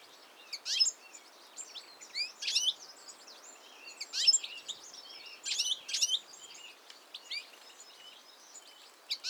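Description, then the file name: European goldfinch giving high, tinkling chirp clusters in loud recurring bursts over a quiet hiss. "Carduelis carduelis"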